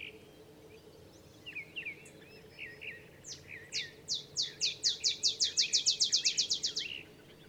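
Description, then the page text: Olive sparrow song: sharp chips that speed into a rapid trill and then stop abruptly. Softer twittering calls from other birds come before it. Singing in early morning in Texas, 50 miles north of the Mexican border; simple songs likened to a field sparrow's bouncing-ball song. "Olive sparrow. Recording early morning just 50 miles north of the Mexican border in Texas"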